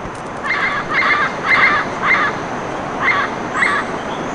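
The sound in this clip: Bird calls: six harsh, buzzy honks, roughly half a second apart with a brief pause before the last two, against constant background hiss.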